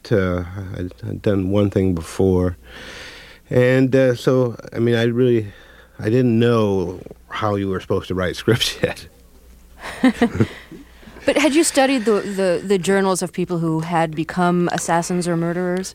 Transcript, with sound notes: I'd done one thing before. And so I mean I really - I didn't know how you were supposed to write scripts yet.
(Laughter) But had you studied the journals of people who had become assassins or murderers?